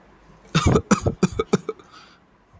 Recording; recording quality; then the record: shallow voluntary cough; excellent, no background noise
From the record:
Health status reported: healthy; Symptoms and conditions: none ticked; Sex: male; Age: 19 years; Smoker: not ticked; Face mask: not worn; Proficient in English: yes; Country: India